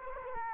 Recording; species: mosquito wingbeat signal from an infrared sensor; Culex quinquefasciatus